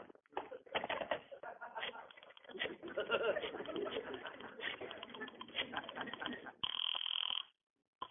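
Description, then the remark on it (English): Telephone sounds as Dennis uses the phone on The Jack Benny Program: clattering and clicking of a handset with garbled, squawky voice-like chatter, ending in a brief steady buzzing tone before a short silence. “Dennis, hang up that phone and behave yourself.”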